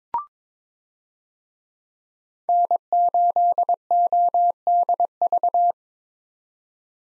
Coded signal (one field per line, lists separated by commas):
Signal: Morse code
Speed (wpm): 22 wpm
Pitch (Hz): 700 Hz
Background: none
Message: N8ODV